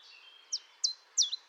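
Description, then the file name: Common chiffchaff singing a few sharp, high, downward-slurred notes against a soft background hiss. "Pouillot-véloce"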